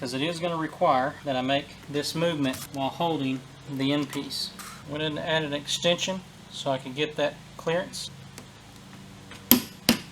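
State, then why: Torque reached. A torque wrench with no extension is turned on the top nut of a rear shock absorber on a 2008 Nissan Altima while the shaft end is braced. Someone talks, then the wrench gives a sharp click at 9.5 s as it reaches its torque setting.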